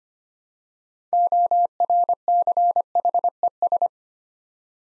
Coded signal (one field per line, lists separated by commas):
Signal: Morse code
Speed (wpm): 25 wpm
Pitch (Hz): 700 Hz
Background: none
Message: ORCHES